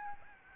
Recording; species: mosquito wingbeat signal from an infrared sensor; Aedes albopictus